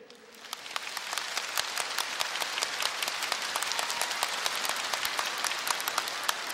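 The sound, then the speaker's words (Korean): A concert crowd at a singer's show breaks into steady applause, many hands clapping in a dense, crackling wash that swells quickly and holds at an even level for several seconds, with no voices standing out. “그걸 좀 염려해 두시고 박수를 알아서 해주세요.”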